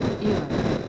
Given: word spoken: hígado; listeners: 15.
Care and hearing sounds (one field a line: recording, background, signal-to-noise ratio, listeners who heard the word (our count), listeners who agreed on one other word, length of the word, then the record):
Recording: one Spanish word in noise, from a listening test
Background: noise modulated by three-talker babble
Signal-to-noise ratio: -4.4 dB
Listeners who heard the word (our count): 3 of 15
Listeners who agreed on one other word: 6 of 15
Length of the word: 0.48 s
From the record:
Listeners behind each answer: 6, 3, 2, 2, 1, 1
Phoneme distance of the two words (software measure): 27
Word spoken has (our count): 3 syllables, 5 phonemes, stress on syllable 1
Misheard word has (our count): 2 syllables, 4 phonemes, stress on syllable 1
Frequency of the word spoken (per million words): 17.98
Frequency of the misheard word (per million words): 69.19